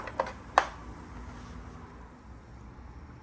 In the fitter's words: we can tuck it down here and it should snap right into place